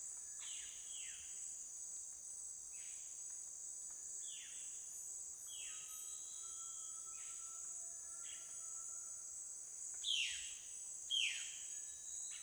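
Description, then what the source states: Crickets keep up a continuous shrill high buzz while birds call with a series of quick descending whistles and a faint drawn-out whistled tone. Daytime jungle exterior atmosphere in Peru, crickets mixed with birds.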